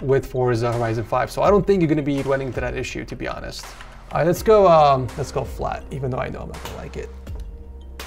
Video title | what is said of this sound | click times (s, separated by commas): The Worlds First Bendable OLED Gaming Monitor! - Corsair Xeneon Flex | do love the audible clicks that basically tells you to stop bending. so that way you're not damaging your screen | 8.0 s